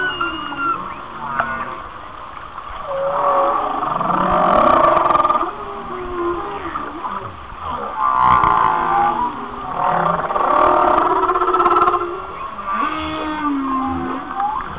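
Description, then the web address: Whale song: bursts of tonal moans and wavering whistled upsweeps, swelling in several surges. "Natures Songs Whale Songs Whale Songs- Mike Mc Donald"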